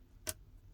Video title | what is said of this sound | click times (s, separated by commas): Samsung Galaxy S22 Lcd, Battery, Charging port and Camera replacement. | press it down, you'll hear a nice click. | 0.3 s